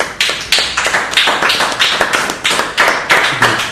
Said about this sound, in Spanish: Yo creo que podemos aplaudir todos, amigos.